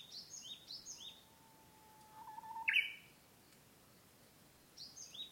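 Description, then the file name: Japanese bush warbler song: a long, steady low whistle followed by a brief, loud ornate flourish, with another bird's quick descending high notes before and after. "uguisu"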